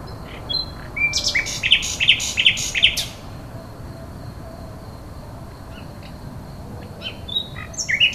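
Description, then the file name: Common nightingale song: a quick phrase of about five loud, sharp repeated notes over two seconds, followed by quiet background with a few faint high notes. "rossignol"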